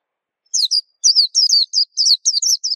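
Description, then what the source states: White-eye delivering a rapid series of high, sweet, down-slurred twittering notes in one continuous burst. Song described as melodious and long.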